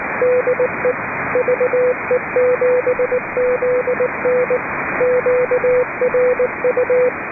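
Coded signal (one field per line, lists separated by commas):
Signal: Morse code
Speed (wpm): 19 wpm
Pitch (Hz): 500 Hz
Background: radio noise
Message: DE VE7ZN QRU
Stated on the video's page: Public service net on 3.729 MHz, net control operating fully remote from aboard a boat.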